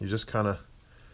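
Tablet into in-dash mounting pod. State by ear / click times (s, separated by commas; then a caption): not seated / none. A Nexus 7 tablet is being pushed, USB side first, into a tight-fitting in-dash mounting pod in a Ford Explorer while someone talks. The voice fades out, leaving quiet low room noise. Nothing has seated or clicked yet.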